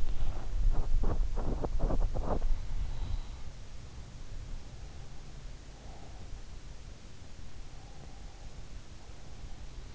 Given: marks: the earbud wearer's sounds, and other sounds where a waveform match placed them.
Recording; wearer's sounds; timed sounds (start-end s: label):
sounds in sleep by an in-ear microphone; body movement
0.00-2.40 s: body movement
2.23-3.84 s: sound from someone else or the room